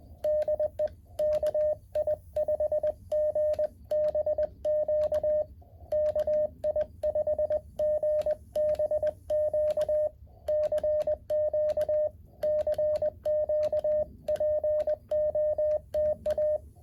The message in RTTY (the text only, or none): none